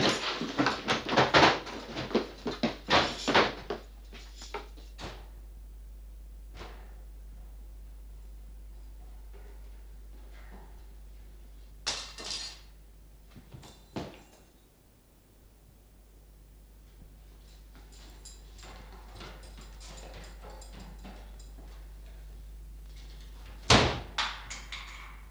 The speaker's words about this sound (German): Sprengt die Türen.